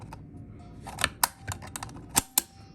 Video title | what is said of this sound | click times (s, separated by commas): Wincent “Smart Portable Gunsafe” - Overview and Vulnerabilities | locks in place like this. | 1.2 s, 2.4 s